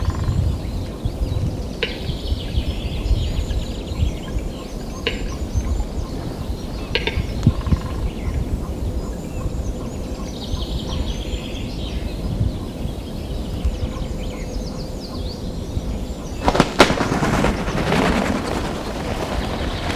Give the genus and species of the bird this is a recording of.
Tetrao urogallus